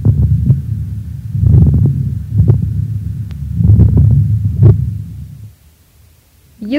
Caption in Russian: Влажные, звонкие, мелкопузырчатые хрипы у больного с острой бронхопневмонией. Обратите внимание на хорошую слышимость хрипов.